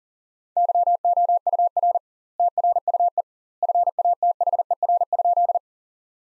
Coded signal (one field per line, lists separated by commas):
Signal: Morse code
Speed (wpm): 40 wpm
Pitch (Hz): 700 Hz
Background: none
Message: YOUR TRUE FATHER?